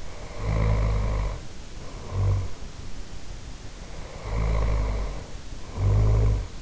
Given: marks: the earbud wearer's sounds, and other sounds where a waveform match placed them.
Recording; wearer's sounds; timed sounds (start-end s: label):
sounds in sleep by an in-ear microphone; snoring breath
0.00-2.69 s: snoring breath
3.73-6.56 s: snoring breath